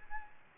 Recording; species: mosquito wingbeat signal from an infrared sensor; Aedes albopictus